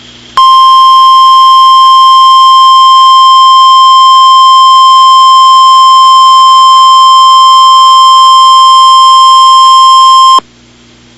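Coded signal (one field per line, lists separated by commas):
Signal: Emergency Alert System (SAME) tones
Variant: 1050 Hz attention tone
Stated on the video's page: Mock blizzard EAS scenario based on a real event: blizzard watch, blizzard warning, civil emergency message and civil danger warning alerts.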